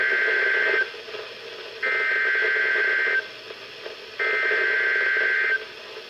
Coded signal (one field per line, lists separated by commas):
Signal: Emergency Alert System (SAME) tones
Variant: header bursts